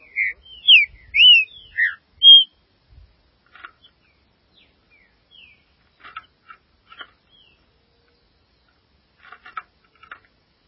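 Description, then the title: Green-winged saltator giving a rich phrase of several loud, slurred whistles at the start, followed by faint clicks and soft notes. "Trinca Ferro"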